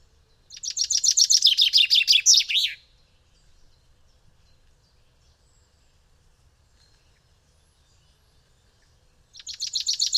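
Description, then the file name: Common chaffinch song: a fast, slightly descending rattle of bright notes lasting about two seconds, followed by a long silence before another song begins at the end. "Fringilla coelebs"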